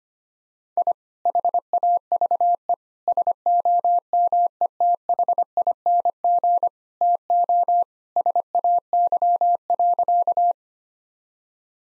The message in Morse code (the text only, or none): I HAVE SOMETHING TO SAY.